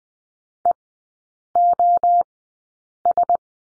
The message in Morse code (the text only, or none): EOS